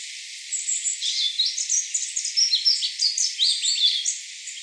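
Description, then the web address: Warbling white-eye song, a continuous rapid warble of thin, high chirps and squeaky slurred notes without a break. Recorded 10 March 2017. "birdenaga mejiro 170310"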